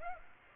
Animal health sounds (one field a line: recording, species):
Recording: mosquito wingbeat signal from an infrared sensor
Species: Aedes aegypti